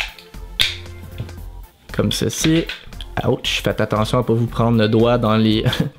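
A plastic leg segment on a Legacy Thunder Megazord (Mighty Morphin Power Rangers) transforming toy robot is folded and locked into place, repeating the same steps already done for the right leg. There are a few soft clicks and handling sounds, then a sharp click at 0.6 s as the second leg joint seats. Someone talks throughout.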